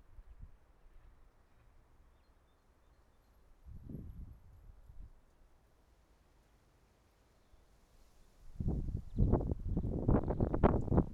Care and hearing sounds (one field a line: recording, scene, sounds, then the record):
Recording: everyday scene through a hearing-aid microphone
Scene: wind on the microphone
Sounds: wind, traffic, birds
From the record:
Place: suburban garden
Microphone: behind the ear, right, front